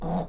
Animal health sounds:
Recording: pig call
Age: piglet (1 to 25 days)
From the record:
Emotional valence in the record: negative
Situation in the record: long isolation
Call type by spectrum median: low-frequency call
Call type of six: low-frequency stable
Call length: 0.28 s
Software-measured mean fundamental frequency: 57 Hz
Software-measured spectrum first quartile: 145 Hz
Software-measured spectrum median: 344 Hz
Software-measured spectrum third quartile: 761 Hz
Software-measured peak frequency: 179 Hz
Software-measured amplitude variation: 92 dB a second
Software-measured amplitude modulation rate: 19.6 a second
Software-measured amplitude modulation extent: 4.7 dB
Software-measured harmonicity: 2.8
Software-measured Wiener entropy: -0.68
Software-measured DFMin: 1158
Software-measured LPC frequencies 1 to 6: 712, 3686, 5778, 6472, 7150, 8765 Hz

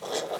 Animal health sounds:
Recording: pig call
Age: piglet (1 to 25 days)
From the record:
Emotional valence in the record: positive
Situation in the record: huddling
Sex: female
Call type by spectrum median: low-frequency call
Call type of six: mixed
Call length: 0.40 s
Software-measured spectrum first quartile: 573 Hz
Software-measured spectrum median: 1279 Hz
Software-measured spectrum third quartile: 4510 Hz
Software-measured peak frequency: 465 Hz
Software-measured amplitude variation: 133 dB a second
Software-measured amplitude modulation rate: 21.5 a second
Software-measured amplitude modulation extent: 6.2 dB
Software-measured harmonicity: 1.4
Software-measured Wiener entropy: -2.12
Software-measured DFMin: 938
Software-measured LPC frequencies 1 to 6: 596, 1925, 3366, 3957, 5490, 6348 Hz

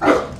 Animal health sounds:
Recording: pig call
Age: growing-finishing pig (85 days or more)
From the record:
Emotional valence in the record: positive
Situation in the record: run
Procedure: transit

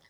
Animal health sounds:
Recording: pig call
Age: piglet (1 to 25 days)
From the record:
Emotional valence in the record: positive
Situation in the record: short reunion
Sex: male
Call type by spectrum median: low-frequency call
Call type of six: low-frequency tonal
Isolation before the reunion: 3 minutes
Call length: 0.10 s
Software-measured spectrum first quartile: 1415 Hz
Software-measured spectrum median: 2380 Hz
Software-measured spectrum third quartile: 4806 Hz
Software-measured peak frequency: 1994 Hz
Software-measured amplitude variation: 97 dB a second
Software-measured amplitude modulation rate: 10.1 a second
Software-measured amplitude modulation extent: 9.6 dB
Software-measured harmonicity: 1.9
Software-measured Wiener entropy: -1.34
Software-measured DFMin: 1060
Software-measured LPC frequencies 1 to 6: 790, 1951, 3380, 5310, 6364, 8419 Hz

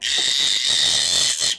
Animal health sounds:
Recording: pig call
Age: piglet (1 to 25 days)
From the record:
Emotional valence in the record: negative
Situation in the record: castration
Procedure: castration, cut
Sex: male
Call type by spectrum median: high-frequency call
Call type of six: high-frequency modulated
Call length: 1.59 s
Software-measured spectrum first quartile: 3582 Hz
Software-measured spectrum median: 4558 Hz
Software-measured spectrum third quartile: 6845 Hz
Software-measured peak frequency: 3738 Hz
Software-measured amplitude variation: 90 dB a second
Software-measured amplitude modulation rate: 28.6 a second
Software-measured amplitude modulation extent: 3.2 dB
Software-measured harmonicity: 0.7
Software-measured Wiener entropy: -1.78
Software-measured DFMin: 861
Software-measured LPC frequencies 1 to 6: 803, 1937, 3148, 3676, 5047, 6285 Hz

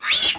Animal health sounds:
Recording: pig call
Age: piglet (1 to 25 days)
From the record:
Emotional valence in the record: negative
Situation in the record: castration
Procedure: castration, shear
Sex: male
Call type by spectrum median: high-frequency call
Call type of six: high-frequency modulated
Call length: 0.38 s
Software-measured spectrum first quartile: 3166 Hz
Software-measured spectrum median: 4021 Hz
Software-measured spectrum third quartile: 6072 Hz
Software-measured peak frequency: 4089 Hz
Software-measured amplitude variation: 111 dB a second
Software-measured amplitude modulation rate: 13.1 a second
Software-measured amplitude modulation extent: 8.5 dB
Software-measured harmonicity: 3.4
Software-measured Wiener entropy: -2.16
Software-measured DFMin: 503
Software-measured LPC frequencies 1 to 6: 1309, 2702, 3355, 3991, 7411, 8399 Hz

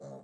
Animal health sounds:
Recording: pig call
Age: piglet (1 to 25 days)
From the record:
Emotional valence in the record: negative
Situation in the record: short isolation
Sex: female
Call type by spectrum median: low-frequency call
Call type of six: low-frequency stable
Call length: 0.24 s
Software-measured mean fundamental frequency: 62 Hz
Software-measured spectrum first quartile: 212 Hz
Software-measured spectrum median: 461 Hz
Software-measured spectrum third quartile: 651 Hz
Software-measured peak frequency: 558 Hz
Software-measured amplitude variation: 86 dB a second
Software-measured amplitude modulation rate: 18.8 a second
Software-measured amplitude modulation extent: 4.6 dB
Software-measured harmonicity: 1.5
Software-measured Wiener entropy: 0.03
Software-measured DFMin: 1307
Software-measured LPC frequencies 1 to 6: 582, 4262, 6091, 7027, 8311, 9386 Hz

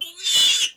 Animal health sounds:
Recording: pig call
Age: piglet (1 to 25 days)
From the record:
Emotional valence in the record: negative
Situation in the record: restrain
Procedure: sham castration, cut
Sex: male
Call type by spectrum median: high-frequency call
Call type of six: mixed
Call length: 0.77 s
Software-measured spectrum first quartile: 3224 Hz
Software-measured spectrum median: 3856 Hz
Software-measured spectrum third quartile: 6312 Hz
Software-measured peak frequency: 3497 Hz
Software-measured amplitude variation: 146 dB a second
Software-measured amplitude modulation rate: 14.3 a second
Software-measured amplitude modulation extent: 10.2 dB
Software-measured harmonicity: 6.3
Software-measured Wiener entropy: -2.82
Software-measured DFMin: 994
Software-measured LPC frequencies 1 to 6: 2923, 3464, 5022, 6090, 6913, 9132 Hz

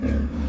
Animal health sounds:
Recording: pig call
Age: growing-finishing pig (85 days or more)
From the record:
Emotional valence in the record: negative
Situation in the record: barren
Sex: female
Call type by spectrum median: low-frequency call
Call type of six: low-frequency stable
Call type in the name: low-frequency stable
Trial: 3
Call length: 0.49 s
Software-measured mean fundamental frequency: 71 Hz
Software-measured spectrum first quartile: 73 Hz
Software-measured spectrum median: 168 Hz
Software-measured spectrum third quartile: 311 Hz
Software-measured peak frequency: 243 Hz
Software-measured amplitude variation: 115 dB a second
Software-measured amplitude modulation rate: 25.6 a second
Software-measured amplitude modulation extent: 4.5 dB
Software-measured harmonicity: -3.3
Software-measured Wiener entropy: -0.89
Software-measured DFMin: 668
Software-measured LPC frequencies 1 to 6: 1605, 2386, 3367, 4159, 4898, 5620 Hz

